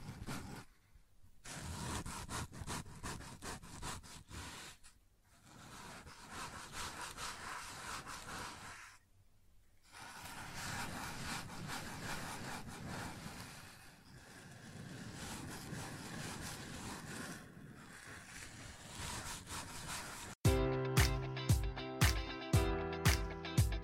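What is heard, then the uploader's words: Rough scraping and rubbing on a wooden surface continues for twenty seconds with brief pauses, then abruptly gives way to six loud, evenly spaced tonal pulses. ASMR Sounds on Wooden Surface (No Talking).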